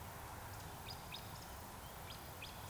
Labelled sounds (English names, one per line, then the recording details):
Eurasian Woodcock whistle
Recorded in Baden-Württemberg, Germany, on 26 June 2021 at 19:53 UTC
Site 45499, 200 m above sea level